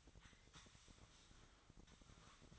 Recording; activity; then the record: daily activity, microphone in the room; sweep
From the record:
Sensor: 3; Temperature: 24.8 degrees Celsius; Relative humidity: 38.3%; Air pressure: 1003.1 hPa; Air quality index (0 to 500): 196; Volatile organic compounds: 6 ppm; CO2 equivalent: 1913 ppm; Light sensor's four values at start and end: 18/44/19/20 and 18/44/19/20